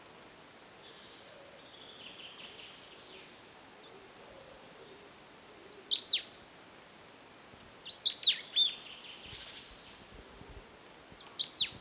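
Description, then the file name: Marsh tit calls: a few sharp, high downslurred notes in three brief bursts around the middle, a little later and near the end, with quiet gaps between. "Poecile palustris"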